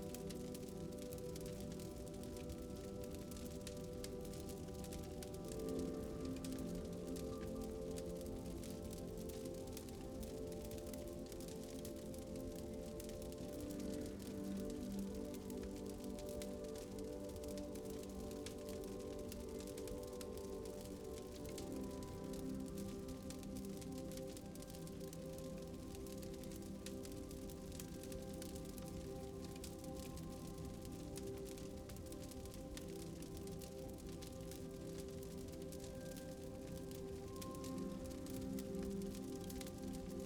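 A soft crackling fire mixes with calm, soothing music. Sustained low and mid tones hold steady and shift slowly every several seconds, while a dense, fine crackle runs continuously over the top. The level stays even throughout.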